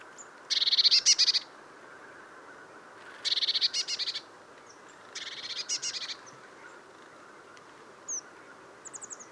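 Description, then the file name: Eurasian blue tit calls in three short bursts of rapid, high scolding notes, with faint thin chips between and after. "Cyanistes caeruleus"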